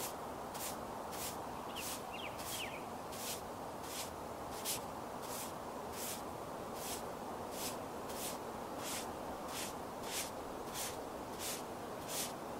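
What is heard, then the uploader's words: Outdoor makeup session with a steady low rushing hiss, soft bright pulses repeating about every 0.7 seconds, and brief chirps near two seconds. Doing Your Makeup Outside on a Sunny Day.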